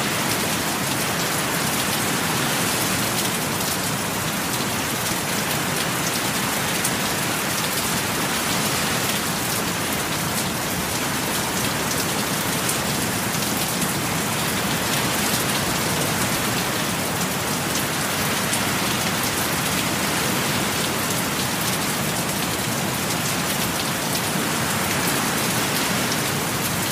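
Steady, dense rain hisses without a break for the whole stretch, bright, with a fine crackle of drops striking a surface. A faint low rumble sits underneath, and the level barely changes from start to finish.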